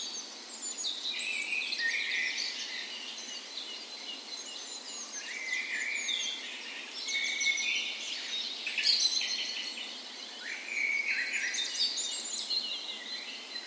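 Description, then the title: Birds: dawn chorus with many birds singing together, bright trills, twittering runs and clear whistled notes rising and falling, backed by faint steady noise. Spring dawn chorus, morning of 17 May, Norway's National Day, in a park west in Bergen, Norway; recorded with Sony PCM A10 and LOM micro Usi microphones as tree ears. "17th Of May Dawn Chorus"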